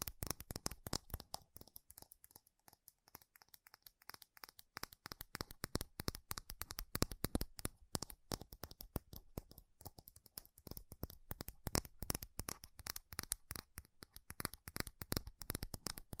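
Fast, furious tapping on metal, a dense unbroken stream of sharp bright clicks with uneven accents and brief thinner patches throughout.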